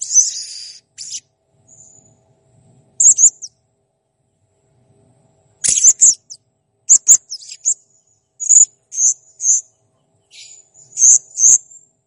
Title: Masteran Burung Serindit Masteran Serindit Gacor Jernih